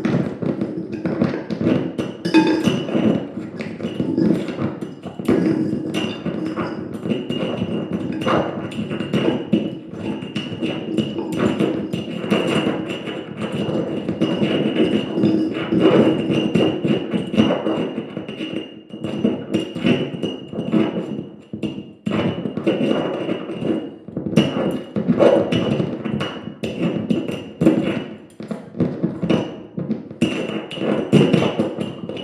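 A dense, busy improvisation on a tabletop of junk: constant knocks, taps and thuds tumble over one another with little pause for the full half minute. Most of the sound sits in the low and middle range, with a thin steady ringing tone running through much of it and occasional bright clatters.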